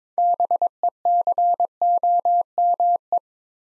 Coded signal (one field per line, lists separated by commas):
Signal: Morse code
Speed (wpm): 22 wpm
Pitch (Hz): 700 Hz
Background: none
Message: BECOME